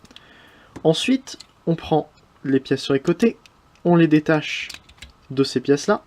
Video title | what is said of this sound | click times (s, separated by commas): Leader's Legoformers : G2 Gobot IRONHIDE | un seul cran comme ça et un plot au bout donc il suffit de tirer et ça vient se clipser comme ça et grâce à de bouge plus voilà | 0.2 s